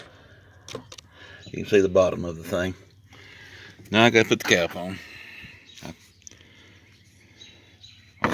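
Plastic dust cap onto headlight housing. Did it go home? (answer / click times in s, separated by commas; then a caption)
yes / 8.2 s. On a 2012 GMC Acadia, after the low beam bulb is changed, a plastic dust cap is fitted onto the headlight housing and twisted so it locks in place. Someone talks while faint handling taps sound around 0.9 s and 6.3 s. A sharp click at 8.2 s marks the cap twist-locking on and seated.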